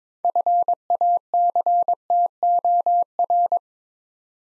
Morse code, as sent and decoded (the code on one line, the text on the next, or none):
..-. .- -.-. - --- .-.
FACTOR